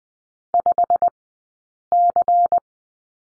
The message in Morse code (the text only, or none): 5C